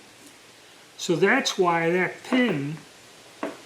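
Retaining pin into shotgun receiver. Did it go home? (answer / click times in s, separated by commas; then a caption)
no / none. Someone talks about a retaining pin being inserted into the receiver of a GF12 pump shotgun, then two short metallic knocks come at about 3.4 s and 3.7 s as the metal pin moves. A spring clip piece has broken off, so the pin slides in freely and does not latch, and nothing has clicked into place.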